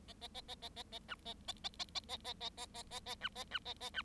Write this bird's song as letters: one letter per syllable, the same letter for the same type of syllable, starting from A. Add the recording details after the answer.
A A A A A A A B A A A A A A A A A A A A B A B A A B. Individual Bird7